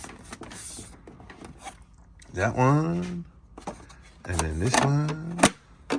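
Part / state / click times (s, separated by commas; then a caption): scale model floor panel into its holder clips / not seated / none. A painted floor panel for the interior of a scale MD600N RC helicopter is handled and pressed toward its holder clips. Light handling taps and rustles are heard while someone talks. The clip ends before the part goes home, and nothing has seated or clicked yet.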